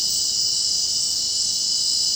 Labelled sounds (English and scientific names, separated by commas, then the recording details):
none
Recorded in dense forest near Puerto Asís, Putumayo, Colombia, on 25 June 2025 at 23:00
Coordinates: 0.499, -76.324
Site G100